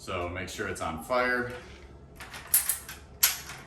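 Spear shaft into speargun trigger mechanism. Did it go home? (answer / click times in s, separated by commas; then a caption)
yes / 3.2 s. Someone talks, then with the safety set to fire, the spear shaft is pushed back into the trigger mechanism of a Koah Battle Axe speargun, making a few short mechanical knocks. The trigger cycles and catches the shaft with a sharp click at 3.2 s, latching it in so the gun is ready to shoot.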